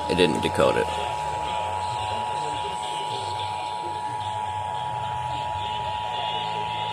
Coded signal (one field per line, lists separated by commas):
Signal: Emergency Alert System (SAME) tones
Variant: 853 and 960 Hz attention tone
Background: speech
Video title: I went all out for the RMT... (EAS 388-398)